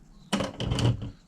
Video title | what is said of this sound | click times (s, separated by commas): *O.G's Nitro Corner - episode #72*..Setting up for my LAST..SAVAGE BUILDs 😳 & lots of waffling 😉💥👊🏽 | and lock into place. | 0.3 s